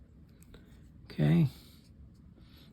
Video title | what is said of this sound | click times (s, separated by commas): Shimano Spheros 8000FA -- Service and Lubrication | It should just slide in and lock into place like that. | 0.4 s